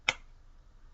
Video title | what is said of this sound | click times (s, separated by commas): How to make: A "Just clowning around" clown Halloween prop - Halloween prop build | Once you hear two more audible clicks, | 0.1 s